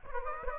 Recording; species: mosquito wingbeat signal from an infrared sensor; Aedes aegypti